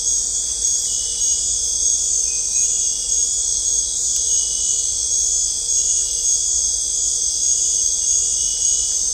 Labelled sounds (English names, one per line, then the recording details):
none
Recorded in dense forest near Puerto Asís, Putumayo, Colombia, on 20 December 2024 at 19:30
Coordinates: 0.499, -76.324
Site G045